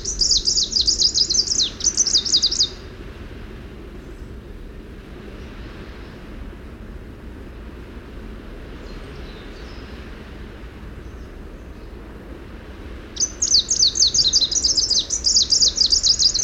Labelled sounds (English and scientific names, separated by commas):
Greenish Warbler (Phylloscopus trochiloides) song